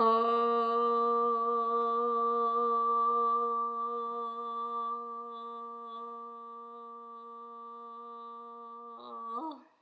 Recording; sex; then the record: sustained vowel /o/; female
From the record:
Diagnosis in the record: healthy control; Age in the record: 61 years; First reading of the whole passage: 67 s, 7.7 characters per second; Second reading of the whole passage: 54 s, 9.6 characters per second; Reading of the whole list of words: 44 s, 6.4 characters per second